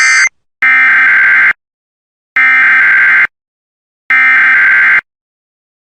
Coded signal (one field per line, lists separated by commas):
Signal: Emergency Alert System (SAME) tones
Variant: header bursts